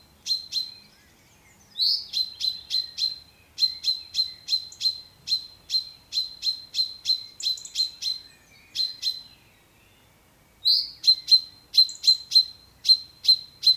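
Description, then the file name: Common chaffinch calling in long runs of bright clipped notes, with a few buzzier notes and short silences breaking the series. "Fringilla coelebs"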